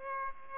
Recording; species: mosquito wingbeat signal from an infrared sensor; Aedes aegypti